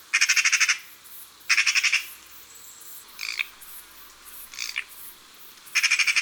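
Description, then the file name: Eurasian magpie making loud rattling chatters, each a rapid burst of harsh clicks lasting under a second, repeated three times with softer single harsh notes between. "Pie bavarde"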